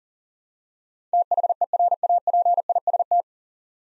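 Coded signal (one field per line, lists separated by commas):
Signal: Morse code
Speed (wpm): 39 wpm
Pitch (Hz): 700 Hz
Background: none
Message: THERAPIST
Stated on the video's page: Morse practice drill of nine-letter words at 40 wpm, each sent, spoken, then resent for head-copy.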